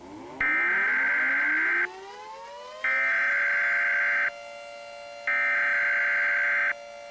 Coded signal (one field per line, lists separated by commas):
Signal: Emergency Alert System (SAME) tones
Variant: header bursts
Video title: EAS Scenario: And Then There Was Silence